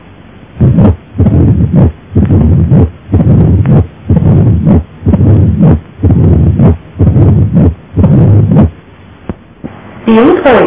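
Long, low-pitched rumbling sounds repeat in a heart rhythm, each swelling into a short harsher murmur before the next beat. This is a diastolic rumble with a late-diastolic, presystolic murmur, the pattern of mitral stenosis, heard best at the apex.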